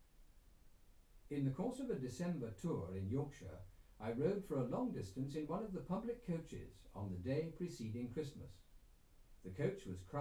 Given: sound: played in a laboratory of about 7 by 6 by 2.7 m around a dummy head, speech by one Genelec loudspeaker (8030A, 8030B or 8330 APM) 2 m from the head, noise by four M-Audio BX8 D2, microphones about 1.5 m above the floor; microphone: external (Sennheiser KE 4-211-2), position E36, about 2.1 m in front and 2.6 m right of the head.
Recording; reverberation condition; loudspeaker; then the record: male speech in English; low; 30 degrees to the right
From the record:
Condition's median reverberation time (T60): about 310 ms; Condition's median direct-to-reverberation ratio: about 3.5 dB